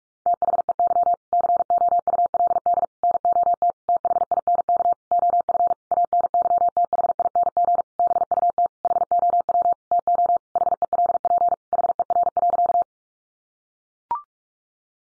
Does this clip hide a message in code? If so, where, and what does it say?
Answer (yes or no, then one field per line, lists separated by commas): yes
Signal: Morse code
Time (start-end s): 0.3-12.8 s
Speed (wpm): 44 wpm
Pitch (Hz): 700 Hz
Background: none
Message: THEY COULD NOT THINK OF ANYTHING BUT HOW TO HELP HER.